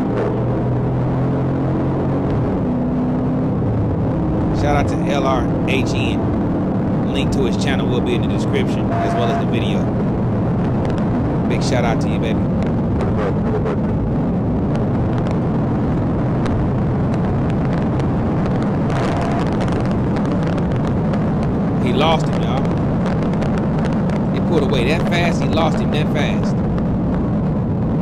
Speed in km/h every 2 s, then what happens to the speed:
111, 124, 135, 140, 151, 156, 147, 150, 166, 175, 180, 184, 172, 155.
0-9 speeds up to 156. 14-20 speeds up to 180. 23-28 brakes to 155.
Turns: none.